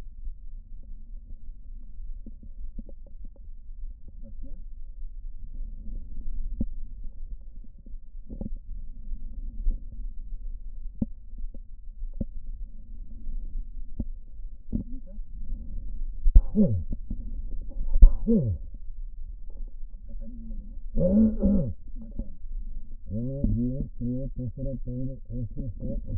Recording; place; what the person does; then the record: lung sounds by stethoscope; left posterior apical chest; quiet breathing, then cough and speech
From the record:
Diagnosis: pulmonary infection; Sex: male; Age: 54 years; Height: 187 cm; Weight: 95 kg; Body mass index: 27.2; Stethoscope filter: diaphragm mode